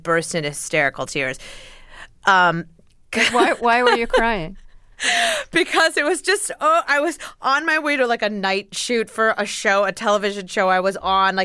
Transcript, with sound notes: And I burst in hysterical tears.
Why were you crying?
(Laughter) Because it was just - I was on my way to, like, a night shoot for a show, a television show I was on.